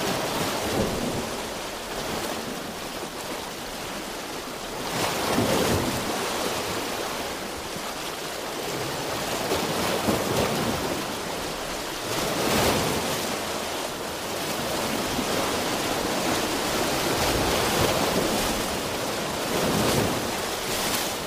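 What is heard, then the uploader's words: Ocean surf roars steadily and densely, with waves swelling every few seconds around 5, 12 and 19 seconds over a constant hiss. Ocean Sounds White Noise.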